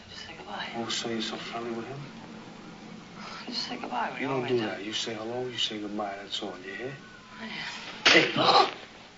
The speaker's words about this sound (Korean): Jake가 트집을 잡으며 아내 비키의 뺨을 때립니다.